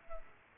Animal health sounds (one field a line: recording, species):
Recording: mosquito wingbeat signal from an infrared sensor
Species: Culex quinquefasciatus